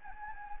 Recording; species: mosquito wingbeat signal from an infrared sensor; Anopheles gambiae